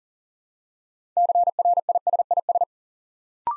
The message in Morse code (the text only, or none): CRISIS